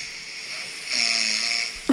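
One brief, low, buzzing snore on an in-breath over steady hiss, from an adult woman lying on her back on a sofa with a face mask on, about 30 seconds after lying down to watch a film in the evening.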